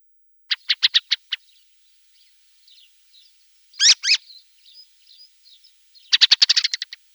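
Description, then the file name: Black-throated thrush song: a run of five clipped notes, a pause with soft twitters, two loud slurred whistles, then a fast stuttering burst of notes. "Drozd chernozobyj"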